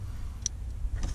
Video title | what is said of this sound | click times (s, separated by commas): 2023 Toyota Tundra - ShiftPower Throttle Response Controller DIY Installation | make sure you hear a snap into place | 0.5 s